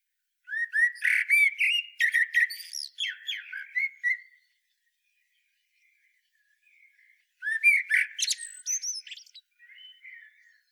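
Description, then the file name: Common blackbird song: a busy phrase of mellow whistles mixed with thin high squeaks, silence, then a second similar phrase and faint trailing notes. "Turdus merula"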